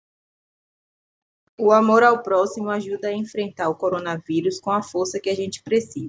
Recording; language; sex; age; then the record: spoken sentence; Brazilian Portuguese; female; 30 to 39 years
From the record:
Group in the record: control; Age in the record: 33 years